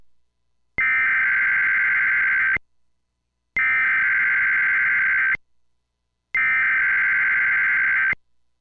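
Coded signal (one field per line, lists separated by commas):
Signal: Emergency Alert System (SAME) tones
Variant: header bursts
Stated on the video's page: Tornado watch SAME header broadcast over NOAA Weather Radio for North Florida and South Georgia, shown with WeatherSTAR 4000.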